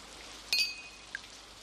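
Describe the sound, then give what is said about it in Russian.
Water drips from above twice onto a billiard table: a bright, ringing plink followed about half a second later by a smaller, softer drop, over a faint steady hiss. “Доктор допивает содержимое бокала и ставит его на бильярдный стол, заметив, что сверху на стол капает вода.”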